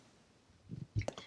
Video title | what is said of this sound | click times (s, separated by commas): RV Break Down and Setup. Full Time RV Travel E75 | door is missing a little click so we click | 1.0 s, 1.1 s, 1.2 s